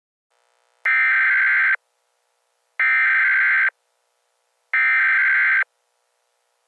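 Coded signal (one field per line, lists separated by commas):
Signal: Emergency Alert System (SAME) tones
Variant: header bursts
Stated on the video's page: Simulated EAS scenario: fictional tornado watch and warnings, not a real alert.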